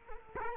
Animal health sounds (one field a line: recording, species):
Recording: mosquito wingbeat signal from an infrared sensor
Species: Culex quinquefasciatus